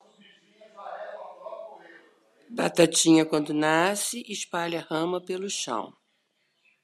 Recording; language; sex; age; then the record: short text; Brazilian Portuguese; female; 60 to 69 years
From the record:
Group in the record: control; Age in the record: 61 years